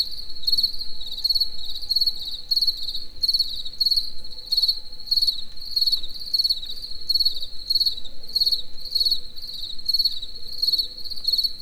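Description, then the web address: Cricket chirping steadily, high pulsed chirps in quick regular bursts, a little under two per second, over a quiet low background hum. Recorded in nature in Hungary. "allathangok termeszetben tucsok. egerturistahaz"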